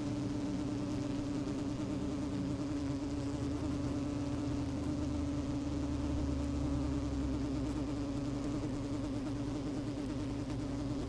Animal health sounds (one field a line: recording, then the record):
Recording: honeybee colony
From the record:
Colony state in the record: active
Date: 28 July 2017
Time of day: 12:19